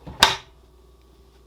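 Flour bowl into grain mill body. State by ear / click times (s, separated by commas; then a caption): seated / 0.2 s. The flour bowl assembly is pushed home into the body of an electric grain mill. A few soft handling sounds lead into a sharp, bright click from the bowl latch at 0.2 s, which rings briefly before a low steady hum remains. The audible click confirms the bowl is seated and ready to go.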